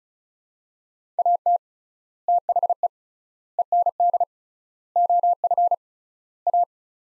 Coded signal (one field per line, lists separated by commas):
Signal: Morse code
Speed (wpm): 34 wpm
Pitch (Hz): 700 Hz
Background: none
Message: AT THE END OF A